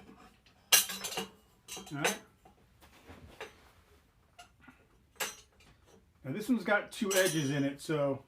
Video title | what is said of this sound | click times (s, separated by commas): Honda GL500 Cafe GSXR Fork swap part 2 | pushing in and you're just gonna pull it up until it just clicks you'll hear it | 0.7 s